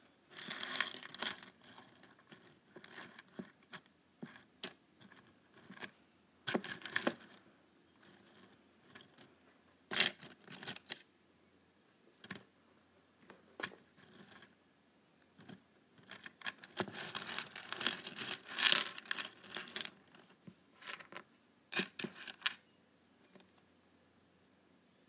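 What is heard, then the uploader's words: A paperclip taps on a table in quick, uneven clusters of sharp, bright clicks, with short pauses between bursts. The densest runs come near the start, around ten seconds, and again from about seventeen to twenty-two seconds, over a faint low hum. ASMR Tapping a Paperclip on my Table.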